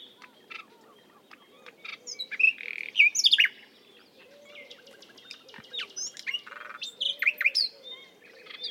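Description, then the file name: Common nightingale song: quiet at first, then loud whistled and chattering phrases with sharp clicks. "Luscinia megarhynchos"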